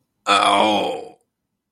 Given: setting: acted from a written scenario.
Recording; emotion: vocal sound without words; pain